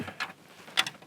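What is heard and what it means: On a 2019–2026 BMW G05 X5 / G06 X6, the electrical connector is plugged back into the courtesy light housing on the lower dash kick panel while the panel is being refitted during a blower motor replacement. Soft handling sounds lead to a short, sharp click at 0.8 s as the connector seats, followed by a fainter tick just after.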